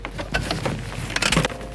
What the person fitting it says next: and that's it that is now locked into place ready to put your bike straight on the back